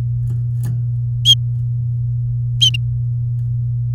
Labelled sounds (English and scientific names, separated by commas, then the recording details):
Domestic Canary (Serinus canaria) song
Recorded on 3 May 2018 at 17:02
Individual llb16